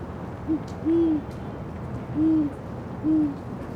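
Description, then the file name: Great horned owl giving low muffled hoots, one short note followed by three drawn-out ones, spaced irregularly, over faint constant background noise. Great horned owls at dusk on Bernal Hill, San Francisco. "Quiet American - Great Horned Owls at dusk on Bernal Hill, San Francisco"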